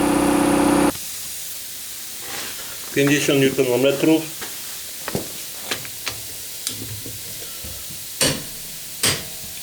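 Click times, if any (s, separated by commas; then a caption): 8.2 s. A torque wrench set to 50 tightens a bolt after it was hand-tightened to the limit, with the compressor turned off so the click can be heard. A loud hum cuts out at about 0.9 s, someone talks, and then small ticks follow. The wrench clicks at 8.2 s, meaning the set torque has been reached.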